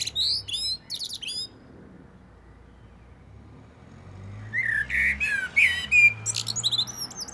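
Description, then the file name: Eurasian blackbird singing: thin high twitters at first, a quiet pause, then rich warbled whistles that run into squeaky trills, over a faint low hum. "Turdus merula"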